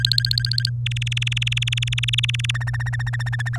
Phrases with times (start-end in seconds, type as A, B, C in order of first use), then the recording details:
0.00-0.70 A, 0.86-2.51 B, 2.54-3.49 C, 3.53-3.58 D. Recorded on 24 April 2018 at 06:23. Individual llb3